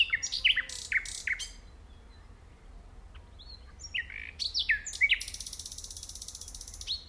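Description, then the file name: Common nightingale song: loud varied phrases of sharp chirps and whistles, ending in a rapid buzzy rattle. "Luscinia megarhynchos"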